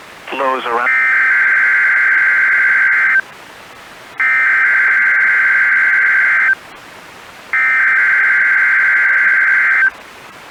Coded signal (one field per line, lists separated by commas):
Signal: Emergency Alert System (SAME) tones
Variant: header bursts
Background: speech